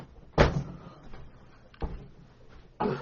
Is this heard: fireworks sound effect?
no